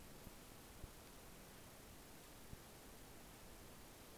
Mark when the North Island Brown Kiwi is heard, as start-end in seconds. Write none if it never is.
none